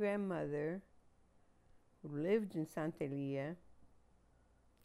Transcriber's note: none